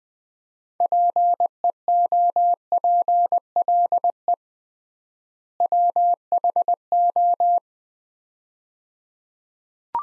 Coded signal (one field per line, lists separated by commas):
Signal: Morse code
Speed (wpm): 21 wpm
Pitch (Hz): 700 Hz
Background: none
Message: PEOPLE WHO